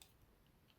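A small hidden plastic tab on the ankle joint of a Transformers Earthrise Leader Class Astrotrain action figure is worked until it locks into place in the leg. A soft click is heard at 0.0 s, followed by a quieter tick near 0.7 s over low background noise. The tab seats and locks.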